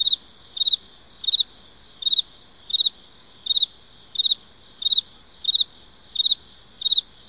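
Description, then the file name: Field cricket giving evenly spaced chirps of three or four quick pulses, roughly every 0.7 seconds, against a constant shrill background chorus of crickets. Single cricket chirping close by, with other crickets audible in the background. "kevin boucher animals insects field cricket"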